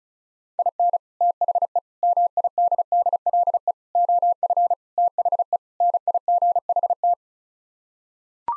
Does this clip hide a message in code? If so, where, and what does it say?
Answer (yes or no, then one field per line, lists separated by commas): yes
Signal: Morse code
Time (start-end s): 0.6-7.1 s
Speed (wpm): 34 wpm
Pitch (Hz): 700 Hz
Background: none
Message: IN THE MIDDLE OF THE NIGHT